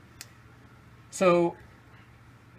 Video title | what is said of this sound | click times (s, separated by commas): How to adjust cross country ski Turnamic bindings | once we're in position there we are gonna slide that forward two clicks and it's locked and loaded so | 0.2 s